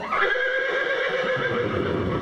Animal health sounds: contact call of a hoofed animal; horse; whinny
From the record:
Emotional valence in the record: positive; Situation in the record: reunion with the whole group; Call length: 2.3 s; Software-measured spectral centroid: 1520 Hz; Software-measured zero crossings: 2200 a second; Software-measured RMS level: -24 dBFS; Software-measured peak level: -10 dBFS

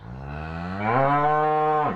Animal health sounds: contact call of a hoofed animal; cattle; low-frequency (closed-mouth) or high-frequency (open-mouth) call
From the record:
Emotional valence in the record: negative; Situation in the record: physical separation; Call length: 1.96 s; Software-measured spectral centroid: 1050 Hz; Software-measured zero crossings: 1350 a second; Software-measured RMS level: -23 dBFS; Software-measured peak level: -9 dBFS

